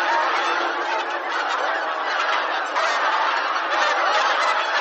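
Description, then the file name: Bean goose flock in full voice, busy chattering honks layered densely throughout. "hisikui"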